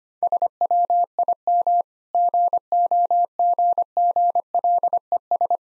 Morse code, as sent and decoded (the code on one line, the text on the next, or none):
... .-- .. -- / --. --- --. --. .-.. . ...
SWIM GOGGLES